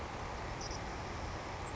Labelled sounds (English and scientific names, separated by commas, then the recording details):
Savannah Sparrow (Passerculus sandwichensis)
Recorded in Sonoma County, California